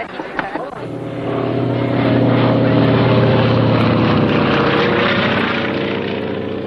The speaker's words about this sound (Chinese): 一架飞机在撒传单，这是邱清泉为庆祝所谓的徐东大捷做宣传。